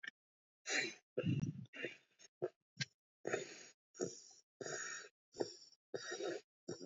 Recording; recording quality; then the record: shallow breathing; excellent, no background noise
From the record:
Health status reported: respiratory illness, not identified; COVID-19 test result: negative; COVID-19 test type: RT-PCR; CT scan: not taken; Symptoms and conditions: cold, sore throat, fatigue, asthma, another condition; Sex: male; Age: 25 years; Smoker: no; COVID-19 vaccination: none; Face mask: not worn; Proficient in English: yes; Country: India